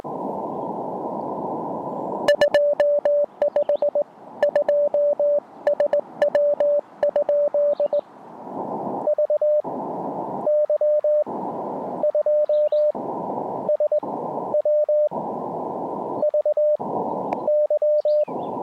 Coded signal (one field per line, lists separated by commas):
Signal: Morse code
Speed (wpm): 19 wpm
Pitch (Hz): 580 Hz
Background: music, radio noise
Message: 25 2SW? VY2SW VY